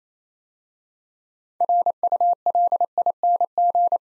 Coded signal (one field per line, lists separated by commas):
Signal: Morse code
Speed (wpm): 27 wpm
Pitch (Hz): 700 Hz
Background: none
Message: RULING